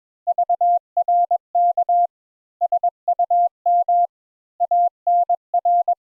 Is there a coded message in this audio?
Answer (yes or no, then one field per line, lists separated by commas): yes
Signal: Morse code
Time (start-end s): 0.3-5.9 s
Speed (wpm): 21 wpm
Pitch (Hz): 700 Hz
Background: none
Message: VRK SUM ANR